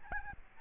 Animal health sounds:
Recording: mosquito wingbeat signal from an infrared sensor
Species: Aedes albopictus

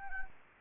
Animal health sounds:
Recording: mosquito wingbeat signal from an infrared sensor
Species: Anopheles gambiae

